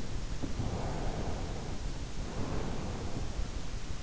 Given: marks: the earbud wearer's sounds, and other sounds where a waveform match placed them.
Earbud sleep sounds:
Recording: sounds in sleep by an in-ear microphone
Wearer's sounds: breath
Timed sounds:
0.57-3.20 s: breath

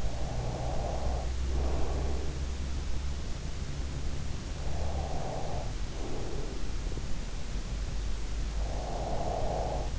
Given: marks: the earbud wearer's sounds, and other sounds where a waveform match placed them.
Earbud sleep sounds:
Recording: sounds in sleep by an in-ear microphone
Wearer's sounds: breath, snoring breath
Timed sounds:
0.00-2.12 s: breath
3.79-6.03 s: breath
6.98-9.94 s: snoring breath

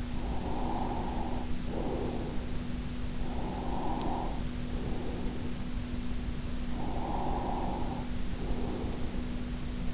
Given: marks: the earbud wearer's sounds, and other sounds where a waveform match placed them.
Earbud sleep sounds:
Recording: sounds in sleep by an in-ear microphone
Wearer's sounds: breath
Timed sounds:
0.00-2.47 s: breath
3.08-5.50 s: breath
6.59-9.25 s: breath

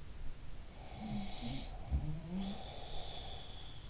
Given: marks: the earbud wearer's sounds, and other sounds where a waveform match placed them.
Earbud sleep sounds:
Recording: sounds in sleep by an in-ear microphone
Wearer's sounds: breath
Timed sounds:
0.60-3.51 s: breath
0.95-3.90 s: sound from someone else or the room

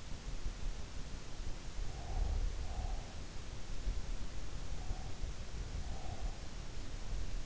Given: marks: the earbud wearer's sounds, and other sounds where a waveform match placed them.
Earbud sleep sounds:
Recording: sounds in sleep by an in-ear microphone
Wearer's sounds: breath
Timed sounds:
1.83-3.28 s: breath
4.71-6.55 s: breath

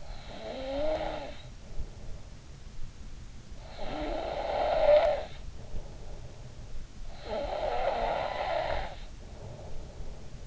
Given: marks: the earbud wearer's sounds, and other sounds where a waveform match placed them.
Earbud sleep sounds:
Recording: sounds in sleep by an in-ear microphone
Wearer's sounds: snoring breath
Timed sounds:
0.00-2.13 s: snoring breath
3.60-6.66 s: snoring breath
7.11-10.46 s: snoring breath

